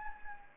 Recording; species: mosquito wingbeat signal from an infrared sensor; Anopheles gambiae